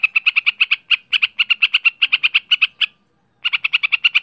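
Bird singing fast, evenly spaced harsh chirps, then a short silence before the rapid buzzy chatter starts again.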